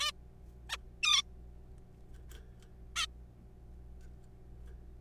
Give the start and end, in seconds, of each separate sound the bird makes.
0.01-0.11, 0.70-0.77, 1.03-1.22, 2.96-3.06